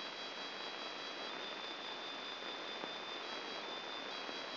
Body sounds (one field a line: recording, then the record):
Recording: brain microelectrode recording played as sound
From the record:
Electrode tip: inside the subthalamic nucleus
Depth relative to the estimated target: 3 mm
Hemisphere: left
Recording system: AlphaMap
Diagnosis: Parkinson's disease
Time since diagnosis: 11 years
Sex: male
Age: 50 years